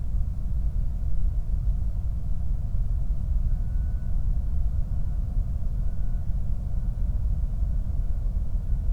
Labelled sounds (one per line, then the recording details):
flare stack
vehicle
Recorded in the Prudhoe Bay oil fields, Alaska, on 8 July 2019 at 00:00
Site 25